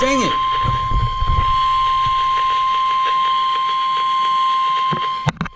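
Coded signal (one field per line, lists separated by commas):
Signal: Emergency Alert System (SAME) tones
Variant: 1050 Hz attention tone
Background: speech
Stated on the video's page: Real severe thunderstorm and flash flood warning EAS alerts, a series of captured broadcasts.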